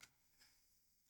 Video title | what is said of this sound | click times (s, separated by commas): how to use the osmo | I'm looking for two clicks. That clicked in once. This side's not clicked in. | 0.0 s